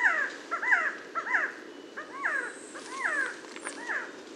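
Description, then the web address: Resplendent quetzal uttering rapid, paired hooked notes in a rhythmic chattering series, roughly every half second, over continuous background hiss. "Resplendent quetzal. صدای-پرنده-درازدامن-درخشان"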